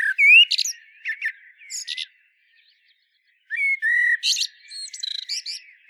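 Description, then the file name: Common blackbird song: two phrases, each opening with low mellow fluted whistles and ending in a high, squeaky twittering flourish, separated by a brief pause. "Turdus merula"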